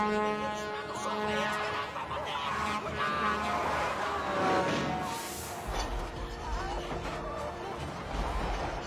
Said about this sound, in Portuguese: Ah, tem um caminhão aí na frente.